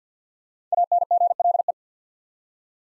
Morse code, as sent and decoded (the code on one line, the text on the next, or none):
.- -. --. .-.. .
ANGLE